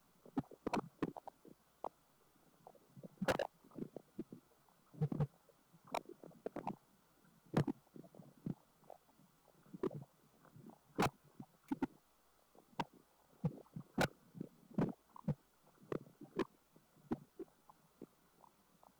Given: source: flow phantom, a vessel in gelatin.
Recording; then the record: Doppler ultrasound of air bubbles in flowing water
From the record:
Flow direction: away from the transducer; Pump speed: 200 rpm (720 mL/min); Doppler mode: pulsed wave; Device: 7 MHz transducer